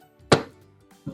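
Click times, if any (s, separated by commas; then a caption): 0.3 s. A plastic lid is pressed onto a Blendtec Total Blender jar with all four corners pushed in, and it snaps into place with a sharp click at 0.3 s that rings briefly. A fainter, softer sound follows near 0.9 s, and a short dull knock comes at about 1.1 s. The lid is seated.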